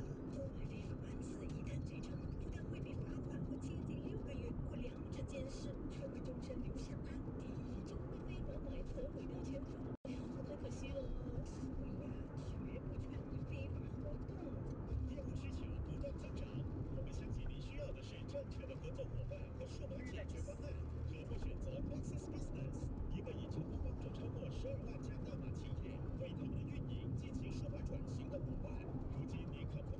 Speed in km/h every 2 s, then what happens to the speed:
79, 80, 80, 79, 77, 83, 84, 90, 89, 89, 89, 86, 87, 86, 83.
0-9 steady at about 79. 9-13 speeds up to 90. 13-27 steady at about 89.